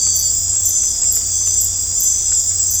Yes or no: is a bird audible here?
no